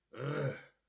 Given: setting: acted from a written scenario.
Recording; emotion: vocal sound without words; disgust